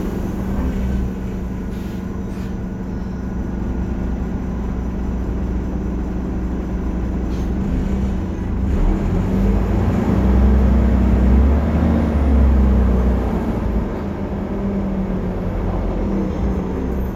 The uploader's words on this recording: Public Transport in Istanbul. BredaMenarinibus Avancity+ CNG (Karsan).